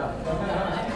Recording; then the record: background sound without coughing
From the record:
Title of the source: 60 minutes of coffee shop sounds for study and concentration